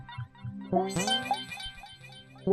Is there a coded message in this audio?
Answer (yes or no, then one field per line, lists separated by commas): no